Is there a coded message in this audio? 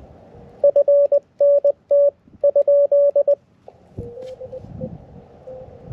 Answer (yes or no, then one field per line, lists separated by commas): yes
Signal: Morse code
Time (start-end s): 0.6-3.3 s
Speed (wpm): 20 wpm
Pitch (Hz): 570 Hz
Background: none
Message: FNT ?